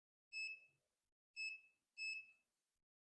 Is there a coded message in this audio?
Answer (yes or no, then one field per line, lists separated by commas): no